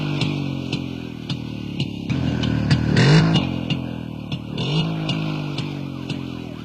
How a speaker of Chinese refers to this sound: 有警车。